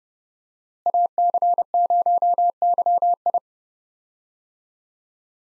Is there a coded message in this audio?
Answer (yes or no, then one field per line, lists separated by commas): yes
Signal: Morse code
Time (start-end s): 0.9-3.4 s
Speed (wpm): 30 wpm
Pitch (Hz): 700 Hz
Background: none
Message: AC0YI